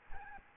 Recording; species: mosquito wingbeat signal from an infrared sensor; Aedes albopictus